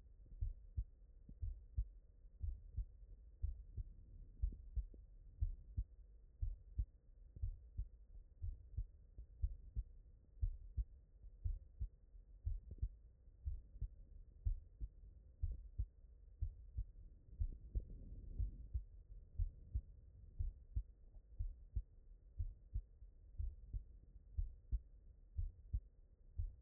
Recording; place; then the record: heart sounds by stethoscope; mitral valve (MV)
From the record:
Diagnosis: non-HFrEF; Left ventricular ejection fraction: 49%